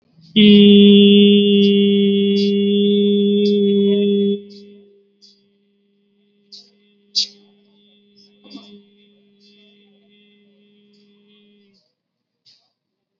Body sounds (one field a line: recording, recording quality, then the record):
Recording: sustained vowel as in beet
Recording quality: excellent, no background noise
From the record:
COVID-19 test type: RT-PCR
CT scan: not taken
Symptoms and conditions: none ticked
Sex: male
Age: 19 years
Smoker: no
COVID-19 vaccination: both doses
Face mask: worn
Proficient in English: yes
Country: India